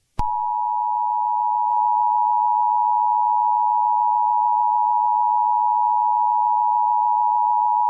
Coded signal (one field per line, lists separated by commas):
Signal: Emergency Alert System (SAME) tones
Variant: 853 and 960 Hz attention tone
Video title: EAS Scenario: Entity [SIERRA_CODE_0] Alert